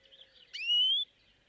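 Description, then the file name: European greenfinch uttering a single rising, nasal upslurred call lasting about half a second over a faint background of twittering birds. "Chloris chloris"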